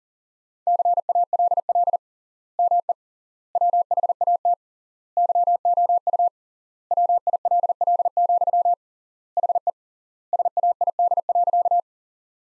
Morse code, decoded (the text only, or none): CALL ME WHAT YOU WILL, HE SAID.